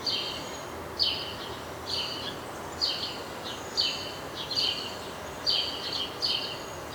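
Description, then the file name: House sparrow chirping insistently, paired clipped notes coming about every second against low steady hiss. "Passer domesticus"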